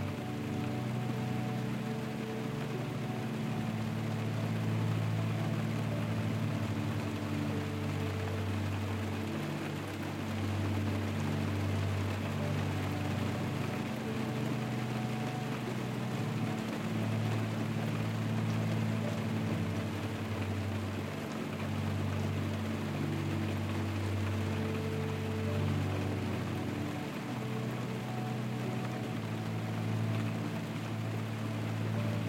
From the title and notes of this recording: Rainy Night In A Tent | Calming Soft Piano with Rain Sounds. Rain falling on a tent while camping along with a soft piano melody that repeats.